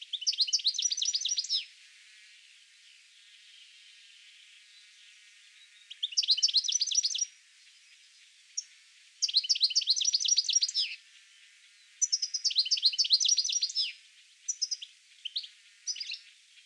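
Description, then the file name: European goldfinch calls: bursts of rapid, tinkling, twittering notes, each lasting one to two seconds, separated by pauses of up to about four seconds. "Carduelis carduelis"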